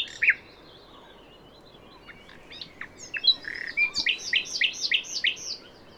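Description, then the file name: Common nightingale song: a sharp opening note, scattered chips and slurred notes, then a loud run of swelling phrases repeated quickly near the end. "Luscinia megarhynchos"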